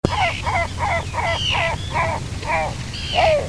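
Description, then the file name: Great black-backed gull giving a rapid series of harsh, wavering calls, ending with a longer drawn-out note, over low rumbling background noise. "Larus marinus"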